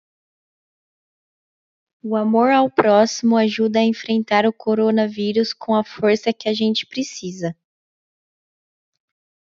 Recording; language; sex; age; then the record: spoken sentence; Brazilian Portuguese; female; 18 to 19 years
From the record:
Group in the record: control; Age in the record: 19 years